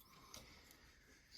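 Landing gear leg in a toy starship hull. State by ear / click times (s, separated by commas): seated / 0.3 s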